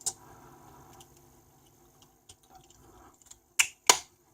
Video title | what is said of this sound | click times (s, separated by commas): How To Change Your Key Fob Battery - Ford 3 Button Key - No Tools!! | just clicks on like that and then this part also you | 3.6 s, 3.9 s